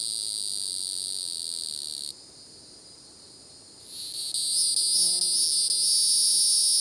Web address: The Songs of Insects. Hieroglyphic Cicada